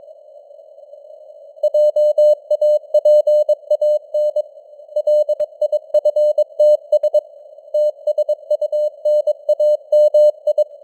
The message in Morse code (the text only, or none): JAPAN LIFTS TSUNAMI